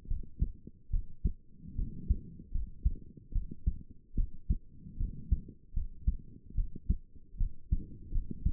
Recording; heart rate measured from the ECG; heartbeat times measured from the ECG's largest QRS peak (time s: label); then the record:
heart sounds by stethoscope; 75 bpm
0.07 s: heartbeat
0.90 s: heartbeat
1.75 s: heartbeat
2.51 s: heartbeat
3.32 s: heartbeat
4.15 s: heartbeat
4.97 s: heartbeat
5.73 s: heartbeat
6.54 s: heartbeat
7.37 s: heartbeat
8.11 s: heartbeat
From the record:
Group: healthy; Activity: rest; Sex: female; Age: 22 years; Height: 154 cm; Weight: 58.7 kg